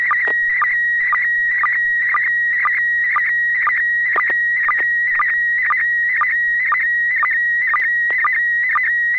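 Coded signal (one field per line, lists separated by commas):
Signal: SSTV (slow-scan television)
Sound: steady high warbling tone broken by regular short low blips, twice a second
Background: low hum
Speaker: right I'll go ahead and transmit when you're ready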